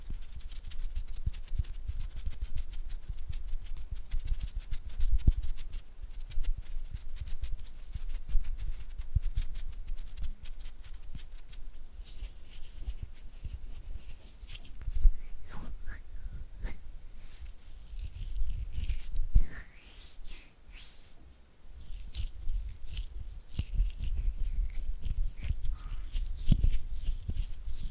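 Oily hands and fingers fluttering make a dense, wet crackle of quick clicks and smacks, running nonstop for the whole stretch. Low thumps sit under brighter taps, with a few louder squelchy bursts near 15, 19 and 26 seconds and a brief lull around 21 seconds.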